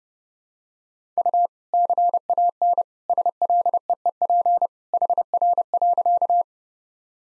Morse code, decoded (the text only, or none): U CAN SLEEP HR.